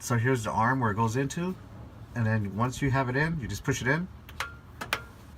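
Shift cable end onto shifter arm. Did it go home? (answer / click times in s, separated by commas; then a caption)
yes / 4.9 s. Someone talks while a shift cable end is pushed onto the ball stud of the transmission shift arm. A few short sharp clicks follow from about 4.3 s, and the cable end seats onto the arm with a small click at 4.9 s.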